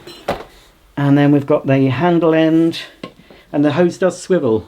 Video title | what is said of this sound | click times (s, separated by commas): 1974 Electrolux 330 Cylinder Vacuum Cleaner Review & Demonstration | You just push and twist and it locks into place. | 0.3 s